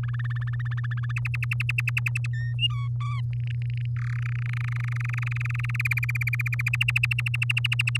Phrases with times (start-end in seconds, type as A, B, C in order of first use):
0.03-1.12 A, 1.16-2.27 B, 2.33-2.53 C, 2.59-2.88 D, 3.00-3.21 E, 3.33-3.86 F, 3.96-4.17 G, 4.18-5.82 H, 5.85-6.69 I, 6.73-7.97 J